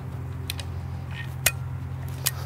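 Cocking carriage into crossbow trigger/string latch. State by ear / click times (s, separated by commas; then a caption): seated / 1.5 s. The cocking carriage of a Ravin R18 crossbow is pushed forward along the stock over a steady low hum, with a few faint ticks around 0.5 and 0.6 seconds. A sharp click at 1.5 seconds is the carriage engaging the string latch, and a softer tick follows at 2.3 seconds. The carriage is seated and the crossbow is ready to draw back.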